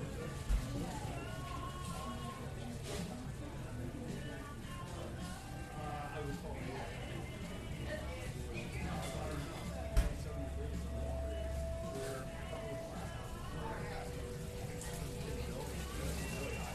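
A coffee shop full of overlapping chatter, a steady dense murmur of voices with no single speaker standing out. A low hum runs underneath throughout. Sharp clinks sound near the start and again around ten seconds, and a brief high tone appears near the middle.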